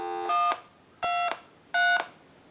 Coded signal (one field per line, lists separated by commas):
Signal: DTMF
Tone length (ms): 240 ms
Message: 123